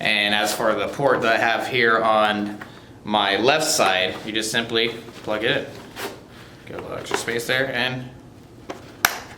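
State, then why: Seated. A drink tube quick-connect is plugged into the hydration bladder's port on the left side of a carrier while someone talks. A sharp plastic click at 9.1 seconds marks the connector seating firmly in place.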